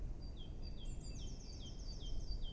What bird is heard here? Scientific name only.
Cyanistes caeruleus